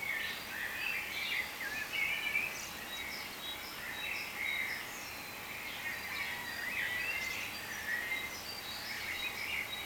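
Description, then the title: Chorus of many birds giving high chattering chirps, rising and falling in waves of activity, against faint steady background noise. "cizici, birds"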